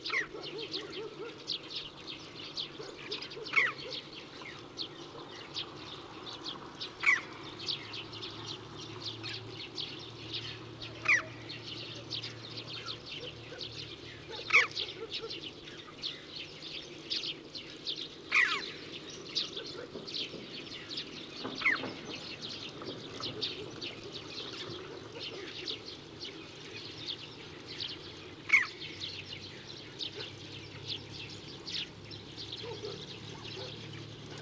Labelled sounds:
Red-billed Chough call

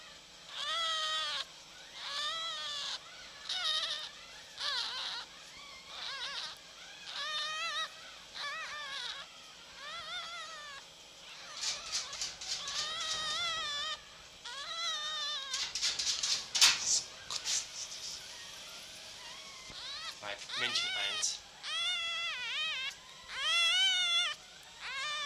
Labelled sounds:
Red Fox

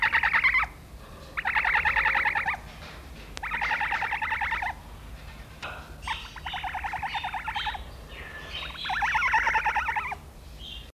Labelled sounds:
Spectacled Owl call

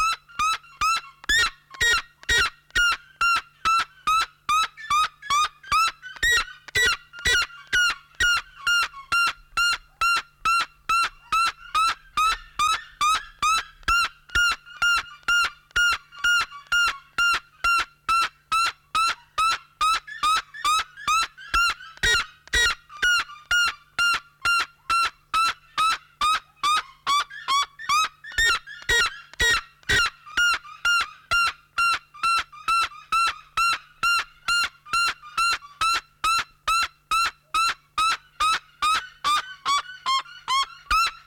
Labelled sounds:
Red-legged Seriema call

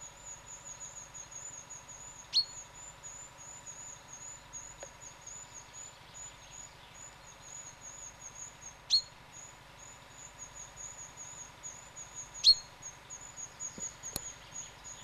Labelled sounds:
Common Chaffinch call

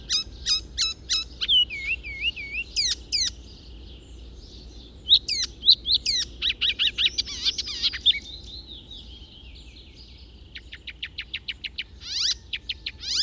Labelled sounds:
Icterine Warbler song

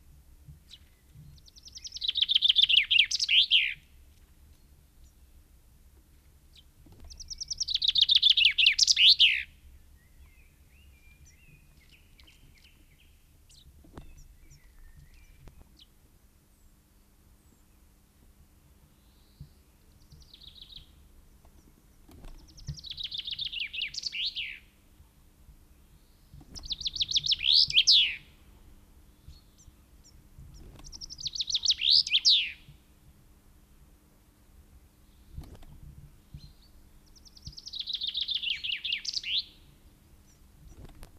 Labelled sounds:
Common Chaffinch song

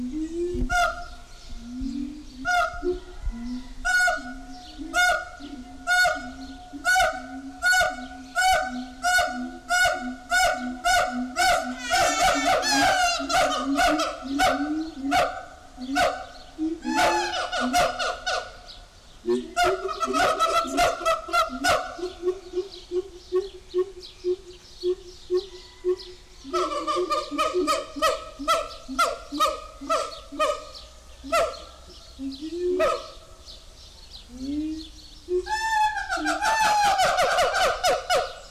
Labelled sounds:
Siamang

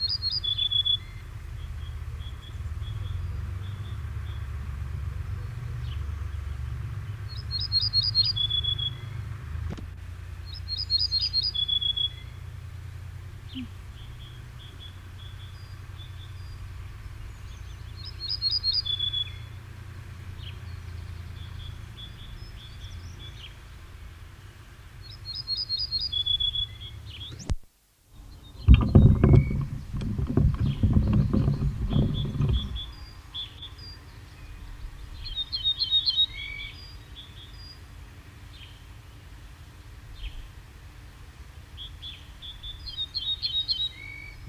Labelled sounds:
Ortolan Bunting song

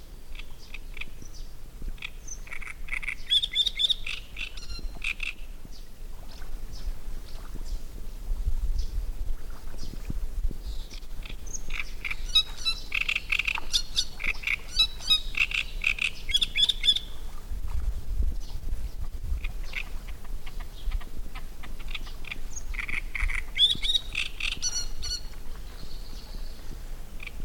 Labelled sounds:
Great Reed Warbler

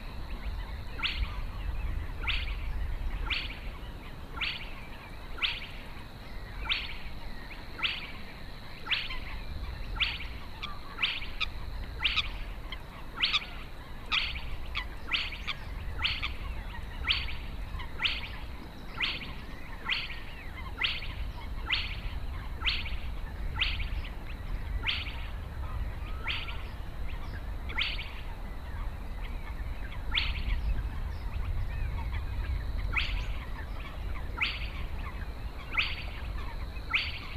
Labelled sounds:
Spotted Crake song

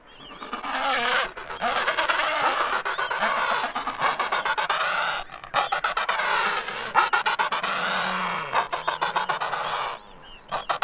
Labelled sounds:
Adelie Penguin call

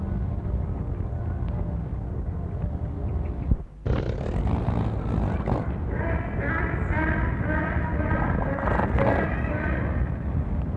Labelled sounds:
Harbor Seal

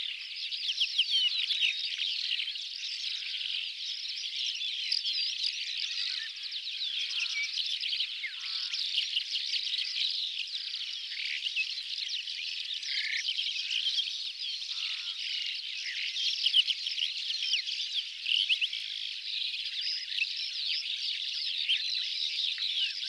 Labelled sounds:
Calandra Lark song

